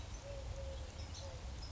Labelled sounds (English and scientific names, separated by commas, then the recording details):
Eurasian Collared Dove (Streptopelia decaocto)
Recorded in Sonoma County, California